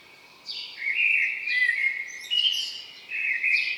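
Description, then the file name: Common blackbird song: a short run of fluted whistled notes that slide and waver, with thin high twittering layered above. "Turdus merula"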